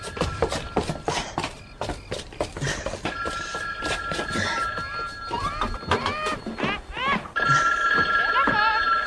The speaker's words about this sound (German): Autsch. Das Telefon.